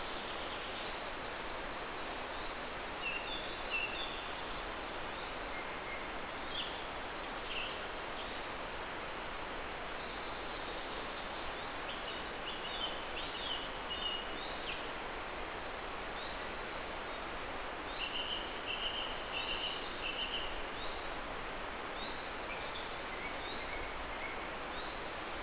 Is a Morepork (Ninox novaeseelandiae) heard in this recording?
no